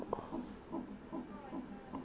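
Fast, regular adult heartbeat thumps, about 150 a minute, muffled and a little noisy.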